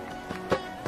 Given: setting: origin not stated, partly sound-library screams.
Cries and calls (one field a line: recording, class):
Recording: one-second piece from a danger detection set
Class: normal situation